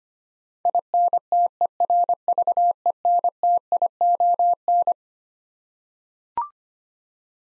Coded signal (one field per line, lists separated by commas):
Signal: Morse code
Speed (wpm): 25 wpm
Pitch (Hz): 700 Hz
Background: none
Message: INTERVENTION